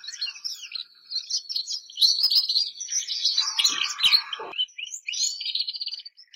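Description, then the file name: Canary song, a flowing warble of high twitters with a lower buzzy rattle in the middle. Bernois canary song. "canto do canario bernois"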